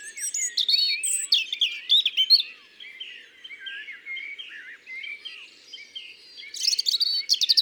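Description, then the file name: European robin with a rich, tumbling song, high tinkling notes and soft sliding whistles, then a quieter pause before a final flurry of rapid high trills. "Rougegorge familier ABC des chants doiseaux"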